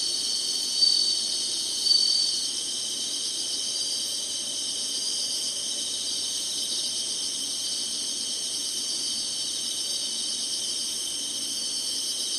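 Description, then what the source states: Insect chorus of unbroken high shrill buzzing; two short thin whistled notes stand out near the start, then the drone carries on evenly. Singing insects in summer.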